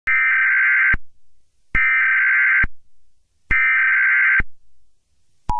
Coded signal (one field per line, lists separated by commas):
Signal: Emergency Alert System (SAME) tones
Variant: header bursts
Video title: EAS Comedy: Evil Killer Smile Dog Alert